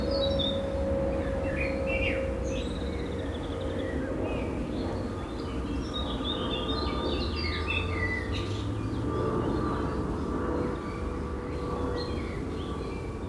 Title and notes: Schuir, Essen, Deutschland - essen, canola field, bees, birds and plane. An einem Rapsfeld an einem milden Frühlingsspätnachmittag. Der Klang von Bienen in den Rapsblüten, das Zwitschern von Vögeln und ein Flugzeugüberflug. Projekt - Stadtklang//: Hörorte